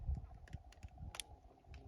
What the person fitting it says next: Okay, there was a click. Okay.